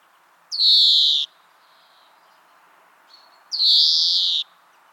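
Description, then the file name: European greenfinch calls: two long, nasal, wheezing buzzes about three seconds apart, with faint soft notes between them. "Chloris chloris"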